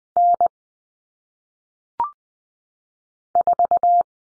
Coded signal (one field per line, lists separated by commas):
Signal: Morse code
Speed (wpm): 20 wpm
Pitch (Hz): 700 Hz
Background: none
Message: N 4